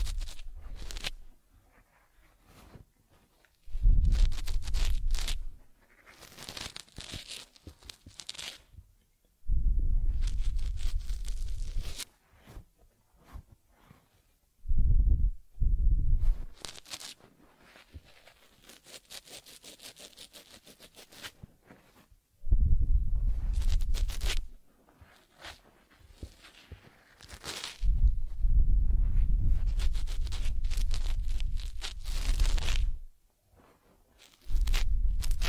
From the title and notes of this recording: ASMR Taking Care of Teddy Head Massage, Facial Cleansing, Fur Combing and Ear Cleaning(No Talking).